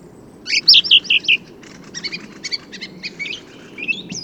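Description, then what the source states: Song thrush giving a quick burst of bright repeated notes, then softer scratchy twittering phrases, over faint low background noise. Autumn improvised song, 15 November 2020, Forêt de Valdrôme; thrushes staying in the forest until snowfall thanks to exceptional whitebeam and rowan fruiting; recorded with Nagra Seven and Telinga Pro7 parabola.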